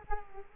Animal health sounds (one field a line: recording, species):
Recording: mosquito wingbeat signal from an infrared sensor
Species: Culex quinquefasciatus